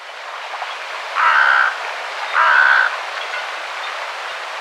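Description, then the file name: Carrion crow giving two harsh, hoarse caws about a second apart over a steady hiss of background noise. "Corvus corone"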